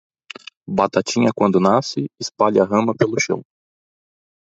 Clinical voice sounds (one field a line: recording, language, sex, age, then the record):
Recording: short text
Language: Brazilian Portuguese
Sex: male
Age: 30 to 39 years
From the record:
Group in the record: control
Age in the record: 30 years